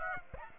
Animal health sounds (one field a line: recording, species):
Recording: mosquito wingbeat signal from an infrared sensor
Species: Aedes aegypti